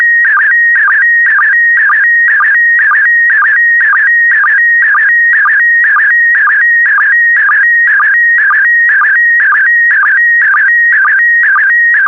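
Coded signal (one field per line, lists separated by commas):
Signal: SSTV (slow-scan television)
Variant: PD120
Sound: warbling steady tone with rhythmic low chirps about twice a second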